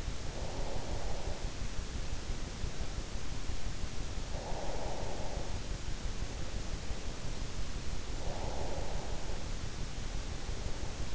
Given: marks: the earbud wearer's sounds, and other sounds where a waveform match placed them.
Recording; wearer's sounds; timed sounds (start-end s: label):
sounds in sleep by an in-ear microphone; breath
0.00-3.06 s: breath
4.14-7.27 s: breath
8.02-11.15 s: breath